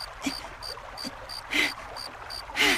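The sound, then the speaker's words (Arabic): Flowing river water rushes steadily while several louder splashes break through as a person wades across to the other bank, with a steady series of short, high-pitched beeps repeating throughout. “ما دامت الخريطة تقول انتقل إلى الضفة الأخرى، حسناً، سأعبر النهر.”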